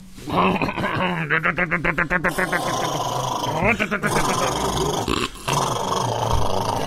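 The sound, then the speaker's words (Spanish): Three or four greyhounds running alongside a grey 1967 Rambler Ambassador car on a rough country road bark and growl frantically, a loud, continuous tangle of rapid, pulsing yaps and throaty snarls with a brief drop near the end before the commotion resumes. “Tres o cuatro galgos corren a su costado, ladrando con desesperación.”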